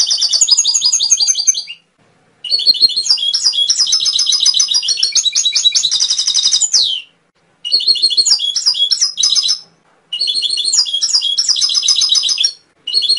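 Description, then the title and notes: Canary song in long bursts of rapid warbled trills and chirps, one rolling buzzy tour near the middle, separated by short silent gaps. Masteran song, a tutor recording played to train other songbirds and stimulate their singing. "PANCINGAN SUARA MASTERAN KENARI. masteran kicau kenari"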